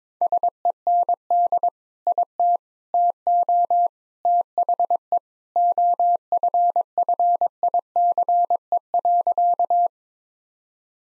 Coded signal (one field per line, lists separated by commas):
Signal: Morse code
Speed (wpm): 22 wpm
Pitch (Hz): 700 Hz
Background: none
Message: SEND IT TO THE OFFICE.